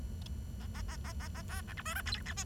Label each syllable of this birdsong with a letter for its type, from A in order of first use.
A A A A A A B C D E F G H I